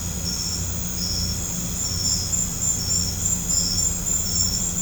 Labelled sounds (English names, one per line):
none